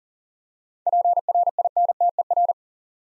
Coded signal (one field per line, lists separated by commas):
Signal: Morse code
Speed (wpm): 40 wpm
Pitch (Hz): 700 Hz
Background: none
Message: PRINTER